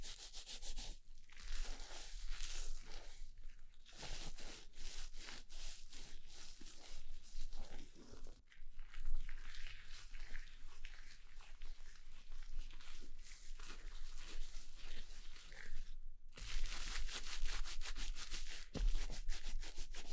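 Hair being handled during a haircut and scalp massage: a dense, continuous crackle of scrunching and rustling, bright and gritty, with rapid irregular bursts. Brief pauses break it near one, eight and sixteen seconds before the crinkling resumes.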